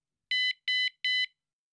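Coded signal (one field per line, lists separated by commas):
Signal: beep code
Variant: Van Guardian van alarm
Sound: three short identical two-tone electronic beeps in quick succession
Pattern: 3 short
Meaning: Paired remotes successfully removed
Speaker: press the lightning button and three beeps will sound if paired remotes are so cessful II removed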